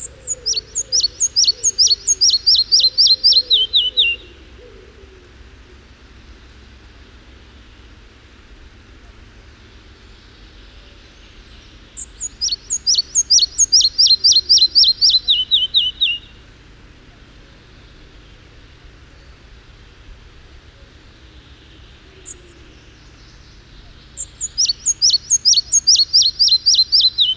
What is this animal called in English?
Red-breasted Flycatcher